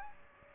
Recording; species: mosquito wingbeat signal from an infrared sensor; Aedes aegypti